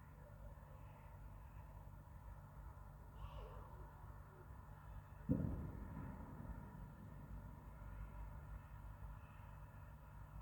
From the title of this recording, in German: Silvesternacht: Feuerwerk und Freude